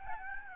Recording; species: mosquito wingbeat signal from an infrared sensor; Aedes albopictus